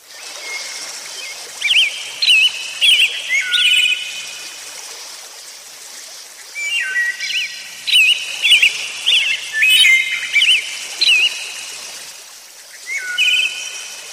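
Bird calls: bright, high chirps with quick upward and downward inflections, given in short clustered bursts separated by brief pauses, over a quiet background.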